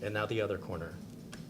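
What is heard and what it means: A DDR5 RAM module is being handled over a motherboard DIMM slot, with its other corner about to be pushed down to close the second latch. Someone talks at the start, followed by a quieter stretch with faint handling ticks near 1.3 and 1.6 seconds. Nothing has seated or clicked yet.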